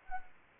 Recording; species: mosquito wingbeat signal from an infrared sensor; Anopheles arabiensis